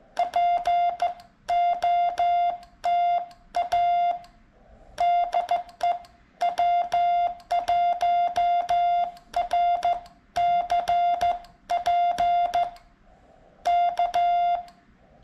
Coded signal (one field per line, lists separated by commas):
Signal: Morse code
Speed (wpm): 15 wpm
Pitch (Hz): 700 Hz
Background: music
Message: POTA DE W1RCP K